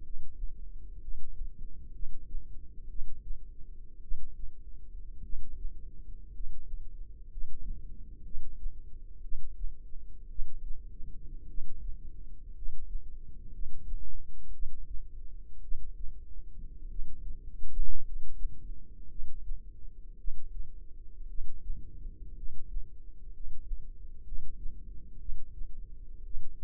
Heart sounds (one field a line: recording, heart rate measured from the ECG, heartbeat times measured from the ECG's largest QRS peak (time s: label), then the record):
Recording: heart sounds by microphone in the left ear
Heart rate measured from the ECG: 57 bpm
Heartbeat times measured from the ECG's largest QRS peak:
0.01 s: heartbeat
0.98 s: heartbeat
1.90 s: heartbeat
2.86 s: heartbeat
4.00 s: heartbeat
5.21 s: heartbeat
6.31 s: heartbeat
7.27 s: heartbeat
8.22 s: heartbeat
9.20 s: heartbeat
10.27 s: heartbeat
11.46 s: heartbeat
12.53 s: heartbeat
13.50 s: heartbeat
14.50 s: heartbeat
15.60 s: heartbeat
16.87 s: heartbeat
18.02 s: heartbeat
19.07 s: heartbeat
20.15 s: heartbeat
21.26 s: heartbeat
22.34 s: heartbeat
23.30 s: heartbeat
24.22 s: heartbeat
25.17 s: heartbeat
26.22 s: heartbeat
From the record:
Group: healthy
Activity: cold pressor test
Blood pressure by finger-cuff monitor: 121/49 mmHg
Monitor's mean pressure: 73 mmHg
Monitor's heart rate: 59 bpm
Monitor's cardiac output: 6.6 L/min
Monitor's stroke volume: 118 mL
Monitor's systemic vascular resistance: 790 dyn s/cm5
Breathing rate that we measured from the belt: 11 breaths a minute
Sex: male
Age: 25 years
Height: 170 cm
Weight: 70.4 kg